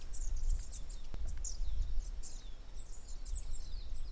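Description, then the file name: Black-throated bushtit calls: a steady stream of thin, very high, slightly downslurred notes repeated throughout, with low background rumble. "vorosfeju oszapo hangja"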